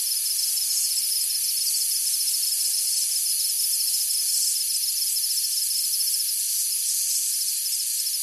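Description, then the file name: Insects chorusing at night, a constant high-pitched buzzing wash with rapid pulsed trills layered over one another, unchanging throughout. Insects on a tropical summer night. "zapsplat animals insects night summer tropical eq layer for low level background"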